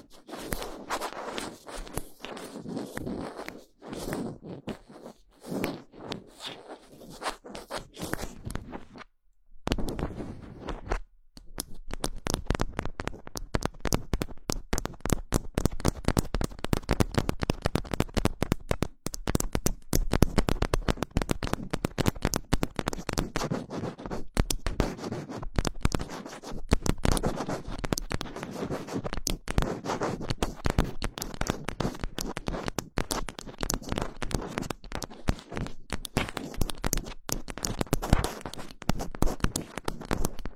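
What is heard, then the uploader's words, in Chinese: Fingers scratch at a microphone in dense, rapid strokes that crackle with rough, bright noise. The first nine seconds are patchier, with a brief silent gap near nine seconds, then the scratching becomes nearly continuous and steady in loudness to the end. 手指抓挠话筒。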